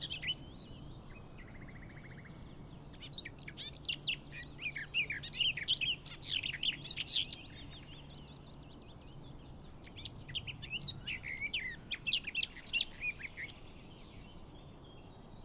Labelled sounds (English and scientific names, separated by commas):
Garden Warbler (Sylvia borin) song